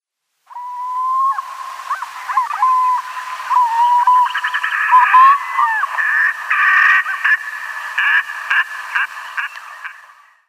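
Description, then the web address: Red-necked grebe with a long, nasal wail that wavers and rises, swelling into harsh braying notes and then a fast, stuttering chatter. "Red-necked Grebe"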